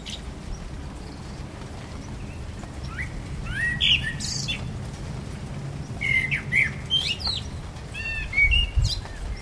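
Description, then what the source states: Common blackbird song: short squeaky notes and chirps scattered through the last two-thirds over a steady low background rumble. Recorded 12 April 2010.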